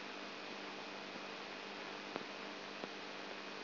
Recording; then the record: brain microelectrode recording played as sound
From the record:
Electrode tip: outside the subthalamic nucleus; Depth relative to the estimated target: 3 mm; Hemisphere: right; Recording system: AlphaMap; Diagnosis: Parkinson's disease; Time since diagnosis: 12 years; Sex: female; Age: 59 years